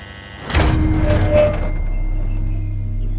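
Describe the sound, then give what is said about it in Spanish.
A door opens with a keypad code electronic lock release, from the series Criminal: a burst of whirring, rattling noise lasting about a second, then a steady low hum underneath. No one speaks. “Ese sonido de la puerta que se abre con código nos pone de lleno en la serie Criminal.”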